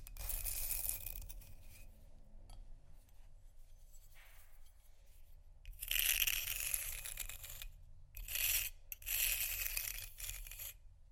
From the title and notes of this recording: Ice Scratch & Tap. No Talking.